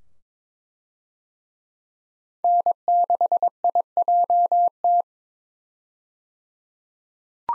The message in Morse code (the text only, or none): N6IJT